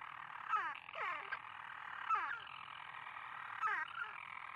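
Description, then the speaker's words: European Storm Petrel giving a rough, buzzy purr, with quick descending hiccup notes recurring through the churring. A single bird calling early in the evening after darkness falls, at the monastery on Skellig Rock; tiny birds that swarm around the stonework. "Early in the evening, a single storm petrel makes its call."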